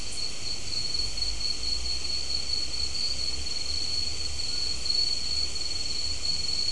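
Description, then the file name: Insect chorus sustained throughout, an even high-pitched ringing trill that never pauses, with a soft low rumble underneath. "mainly insect"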